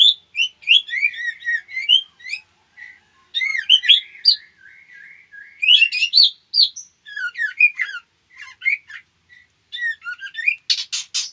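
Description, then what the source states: White-rumped shama singing a long, varied run of clear whistled notes, slurred rising and falling phrases, ending in a burst of harsh buzzy rattles; no other sounds. Female.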